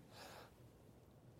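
A single brief, breathy hissing burst of a sneeze from an adult man, followed by quiet room noise.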